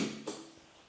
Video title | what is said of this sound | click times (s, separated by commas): Keeway Vieste XDV 125 2024 Presentación 'Lo tiene todo para triunfar' | Vous avez entendu le claquement et | 0.3 s